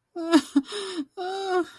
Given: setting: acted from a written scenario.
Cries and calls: vocal sound without words; distress

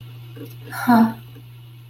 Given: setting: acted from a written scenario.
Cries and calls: vocal sound without words; realization

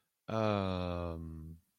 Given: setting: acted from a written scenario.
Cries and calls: vocal sound without words; confusion

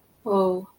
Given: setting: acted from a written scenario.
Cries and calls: vocal sound without words; adoration

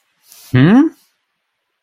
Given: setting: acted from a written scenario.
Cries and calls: vocal sound without words; confusion

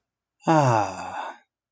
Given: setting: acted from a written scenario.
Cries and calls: vocal sound without words; relief

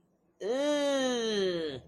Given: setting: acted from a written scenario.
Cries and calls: vocal sound without words; disgust

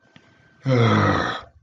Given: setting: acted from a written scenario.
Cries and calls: vocal sound without words; disappointment

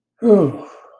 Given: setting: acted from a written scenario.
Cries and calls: vocal sound without words; relief

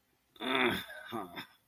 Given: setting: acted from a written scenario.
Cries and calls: vocal sound without words; disgust

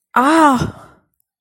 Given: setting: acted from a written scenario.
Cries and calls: vocal sound without words; pain

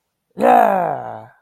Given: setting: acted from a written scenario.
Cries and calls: vocal sound without words; triumph

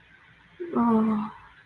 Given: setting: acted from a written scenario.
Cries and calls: vocal sound without words; sympathy

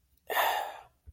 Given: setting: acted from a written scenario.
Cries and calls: vocal sound without words; triumph

